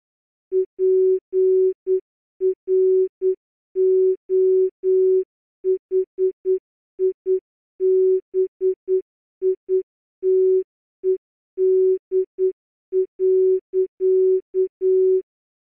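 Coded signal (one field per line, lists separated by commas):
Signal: Morse code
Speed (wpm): 9 wpm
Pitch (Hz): 380 Hz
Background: none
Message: PROHIBITED.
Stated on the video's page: Morse code challenge played at 50% slower speed.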